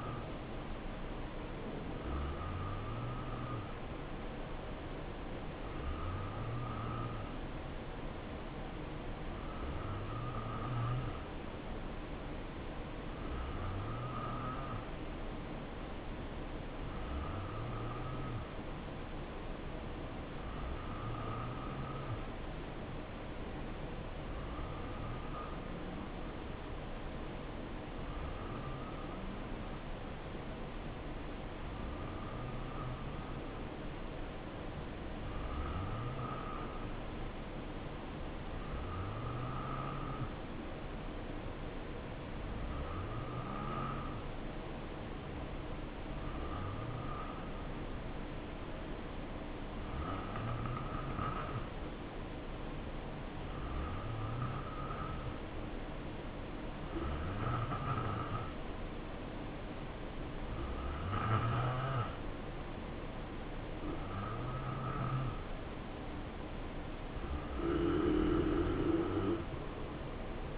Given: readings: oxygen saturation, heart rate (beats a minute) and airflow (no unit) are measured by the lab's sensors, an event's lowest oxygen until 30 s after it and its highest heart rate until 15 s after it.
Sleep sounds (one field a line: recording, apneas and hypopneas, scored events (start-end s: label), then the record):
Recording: breathing in sleep by a voice recorder at the bedside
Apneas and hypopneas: 1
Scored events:
5.00-57.90 s: hypopnea (N2, oxygen 92% highest, then 87% lowest, heart rate 58 at the start, 70 highest)
From the record:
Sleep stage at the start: N2 (light sleep)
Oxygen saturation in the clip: 87 to 93%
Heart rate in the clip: 57 to 70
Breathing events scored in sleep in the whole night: 277 in 7.4 hours asleep